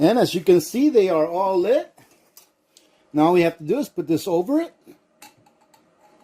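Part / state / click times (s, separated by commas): candle lantern cover over its base / not seated / none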